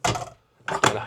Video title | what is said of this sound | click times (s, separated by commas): Le Camping-Car Idéal Pour Ceux Qui Veulent Une Bonne Affaire ! | Et ça se verrouille comme ça. | 0.7 s